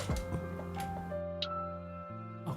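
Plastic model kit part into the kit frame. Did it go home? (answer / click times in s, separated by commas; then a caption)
no / none. Someone presses a plastic Gunpla model kit part, around the polycap (PC) part, into place on the kit frame. Over steady background music there is only a brief soft tick near 1.4 s. The part fails to latch, and nothing has seated or clicked yet.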